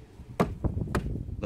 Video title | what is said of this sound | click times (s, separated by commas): Peugeot 308 How To Replace Mirror | hear a click And they got in place. | 0.4 s, 1.0 s